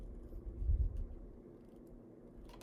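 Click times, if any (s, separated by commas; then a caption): none. A second plastic activation plate is being matched to the blue square on a toy lightsaber hilt skeleton, with low handling rustles and bumps strongest around 0.6–1.0 s, then a quiet stretch and a faint brief tick near the end. Nothing has seated or clicked yet; the plate is handled but not yet pushed home.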